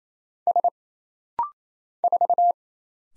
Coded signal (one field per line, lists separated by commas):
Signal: Morse code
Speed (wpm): 27 wpm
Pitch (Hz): 700 Hz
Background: none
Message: S 4